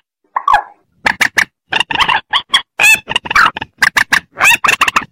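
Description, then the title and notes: Rail calls: an almost unbroken string of loud, harsh clucks and honking notes, rapid and uneven. "Kicau Burung Mandar"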